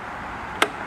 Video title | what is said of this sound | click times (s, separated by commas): Kenmore Mini Ultra Threading | the bobin winder is here it pops into place and then the hand wheel | 0.6 s